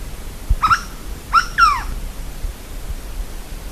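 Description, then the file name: A bird gives a few quick, raspy, harmonic call notes, the last sliding downward, against faint low-frequency noise. "SABIOD 50 bird 2015"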